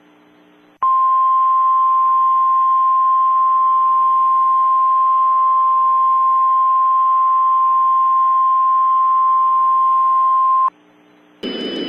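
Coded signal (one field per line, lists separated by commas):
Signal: Emergency Alert System (SAME) tones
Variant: 1050 Hz attention tone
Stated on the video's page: Fictional EAS scenario.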